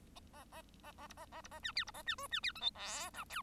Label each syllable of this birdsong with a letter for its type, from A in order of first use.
A A A A B A A B A C D B A C E C D F G H I J